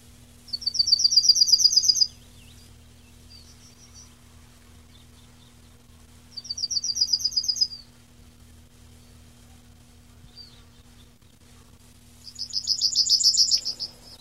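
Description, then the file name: Yellowhammer song: three short bursts of rapid high repeated notes, some with faint extra chirps between, over a low steady hum. "Ecitrinella"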